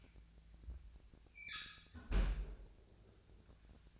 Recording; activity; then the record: daily activity, microphone in the room; close fridge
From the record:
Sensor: 2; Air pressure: 1009.6 hPa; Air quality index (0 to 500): 184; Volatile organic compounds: 11 ppm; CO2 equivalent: 2292 ppm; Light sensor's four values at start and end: 26/65/28/31 and 26/65/28/31